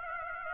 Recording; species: mosquito wingbeat signal from an infrared sensor; Aedes aegypti